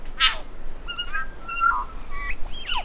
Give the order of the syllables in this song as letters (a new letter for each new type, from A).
A B C D E